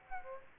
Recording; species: mosquito wingbeat signal from an infrared sensor; Aedes aegypti